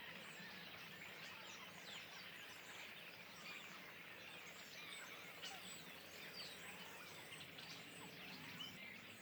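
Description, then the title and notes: Common starlings chattering as a flock, a dense, continuous wash of overlapping whistles, clicks and squeaky notes with no pauses throughout. Flock perched in trees beside a pond at Le Louroux, Indre-et-Loire, France; recorded in stereo ORTF with Sennheiser MKH8020 microphones and a MixPre-6 II recorder. "Le Louroux, Loches, Indre-et-Loire, Centre-Val de Loire, France métropolitaine, 37240, France - étourneaux sansonnet dans les arbres. Nuée d'étourneaux posés dans un arbre aux abords de l'étang du louroux"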